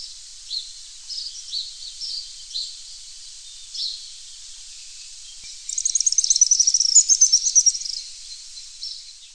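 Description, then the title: Araucaria tit-spinetail: a few short high notes, then a rapid high-pitched rattling trill of about two seconds near the end. "LuckyPassaro Completos2Sama. Araucaria Tit-Spinetail (Leptasthenura setaria)"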